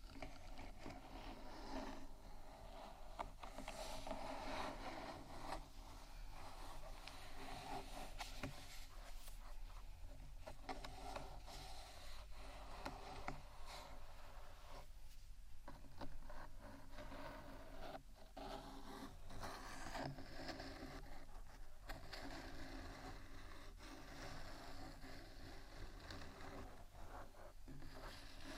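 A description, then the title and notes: Scratching and tapping on a rhinestone-covered microphone, sounding rough and crackly. The rubbing runs continuously for the whole stretch, dense with quick clicks and scrapes, over a low rumbling undertone and a steady overall loudness. ASMR Rhinestone Embellished 3dio Mic Scratchingtapping（No Talking）.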